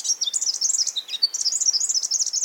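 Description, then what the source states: Forest double-collared sunbird song: a fast, high, tinkling twitter of sharp notes that rise and fall continuously. Eastern African mountaintop species; two populations separated on different mountains at least 500,000 years ago still sing nearly identical songs, probably like their ancestors'; stable song helps birds recognise their own species.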